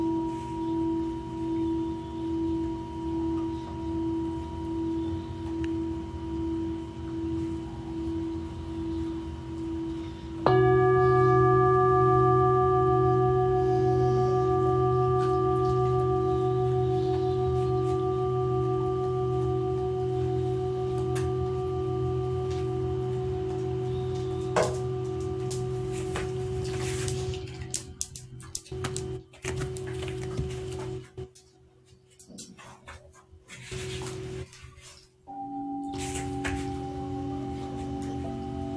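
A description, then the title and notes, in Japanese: Singing bowls ring in a long sustained drone with a slow wobbling pulse. Around eleven seconds a new bowl is struck, adding a louder, brighter layered tone that fades gradually. Past twenty-seven seconds the sound breaks up with brief dropouts before a steady tone resumes. メキシコから シンギングボウルのサウンドヒーリング ライブ。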